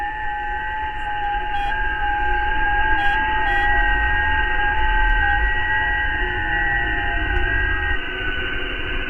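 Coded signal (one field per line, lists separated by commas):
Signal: FT8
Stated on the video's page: Shortwave radio broadcast carrying data modes.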